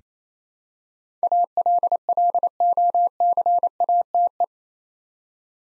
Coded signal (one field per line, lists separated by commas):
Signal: Morse code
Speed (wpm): 27 wpm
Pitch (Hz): 700 Hz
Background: none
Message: ALLOCATE